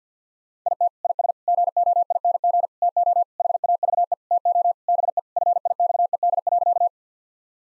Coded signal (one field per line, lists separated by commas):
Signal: Morse code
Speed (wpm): 45 wpm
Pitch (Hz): 700 Hz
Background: none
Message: IT IS GOING TO HAVE TO BE FIXED.